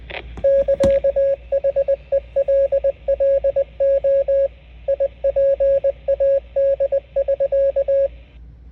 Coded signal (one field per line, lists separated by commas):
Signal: Morse code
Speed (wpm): 20 wpm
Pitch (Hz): 550 Hz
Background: radio noise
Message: <KA>HELLO IPAD<SK>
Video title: Texting Via Radios for Families, Nerds, and Emergencies. VGC N75 UHF Radio